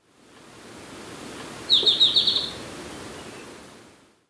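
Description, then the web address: Golden-faced tyrannulet call, a short high series of about six quick chipping notes in one burst, against a steady background hiss. Recorded in Ecuador. "Birds of Ecuador 3-05 Golden-Faced Tyrannulet"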